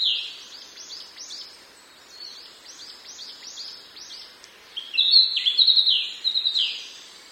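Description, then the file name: Narcissus flycatcher song: soft, arched notes repeated rapidly for several seconds, then a louder burst of sharp, varied whistles and trills near the end. "kibitaki"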